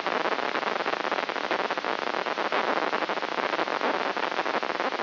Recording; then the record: brain microelectrode recording played as sound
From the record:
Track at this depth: inside the subthalamic nucleus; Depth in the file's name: 5.629 mm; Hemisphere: left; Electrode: 3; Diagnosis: Parkinson's disease